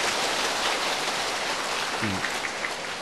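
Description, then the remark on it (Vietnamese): A steady wash of audience applause at a Buddhist temple retreat, given to thank the abbot. It is dense and continuous like rain, holding at an even level for the whole stretch, with a brief low voice-like murmur partway through. “Xin quý vị cho một tràng pháo tay cảm ơn thượng tọa trụ trì.”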